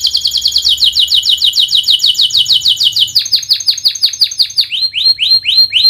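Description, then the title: Canary song of rapid, high descending trill notes, shifting into slower upswept whistled chirps. Canary in active, chattering song ('gacor'), praised for its melodic turns ('cengkok') and rich filler phrases ('isian'). "Kenari Gacor Cengkok Terbaik Isian Paling Mewah"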